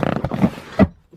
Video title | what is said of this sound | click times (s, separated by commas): BMW 328i Fuel Pump And Fuel Filter Replacement | there it is snapped in place | 0.8 s